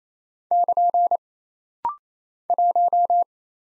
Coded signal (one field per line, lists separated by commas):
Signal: Morse code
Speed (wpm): 27 wpm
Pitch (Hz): 700 Hz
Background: none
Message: <KN> 1